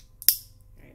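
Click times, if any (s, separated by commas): 0.3 s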